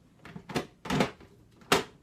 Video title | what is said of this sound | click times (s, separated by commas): Garbanzo Bean Chocolate Chip Cookies | That's it. It's really tricky. You have to have everything clicked into place. | 1.7 s